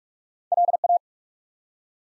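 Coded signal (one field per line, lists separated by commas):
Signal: Morse code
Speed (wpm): 44 wpm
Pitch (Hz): 700 Hz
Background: none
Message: LA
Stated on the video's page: Morse practice sending ARRL section abbreviations used in Field Day contest exchanges at 45 wpm; each sent, spoken, then sent again for head-copy training.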